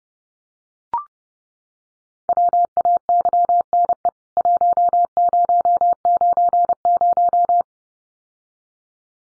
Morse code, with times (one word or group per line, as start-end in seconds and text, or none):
2.3-4.1 WAYNE
4.4-7.6 1090